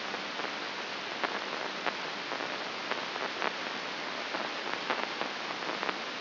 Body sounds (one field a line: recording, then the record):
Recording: brain microelectrode recording played as sound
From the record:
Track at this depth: outside the subthalamic nucleus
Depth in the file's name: 6.669 mm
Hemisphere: left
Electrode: 2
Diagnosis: Parkinson's disease